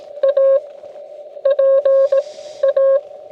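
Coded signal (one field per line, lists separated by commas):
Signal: Morse code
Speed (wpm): 18 wpm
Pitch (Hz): 1080 Hz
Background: none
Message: A P A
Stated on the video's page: Xiegu G90 calling CQ on 10 meters through an $8 inverted V HF antenna.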